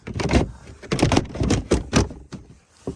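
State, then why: Not seated. A second plastic body panel is fitted one-handed onto the frame mounts of an ATV, with bursts of plastic rubbing and rattling plus short sharp knocks around 1.0 to 1.2 seconds and near 2.0 seconds. Nothing has seated or clicked yet; the panel is still being handled when the clip ends.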